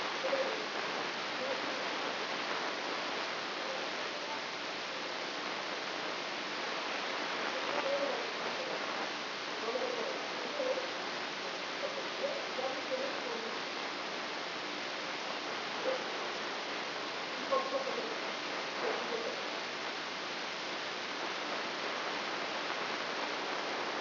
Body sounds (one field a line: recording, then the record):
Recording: brain microelectrode recording played as sound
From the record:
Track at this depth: outside the subthalamic nucleus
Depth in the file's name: 9.104 mm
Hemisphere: left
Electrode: 3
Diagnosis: Parkinson's disease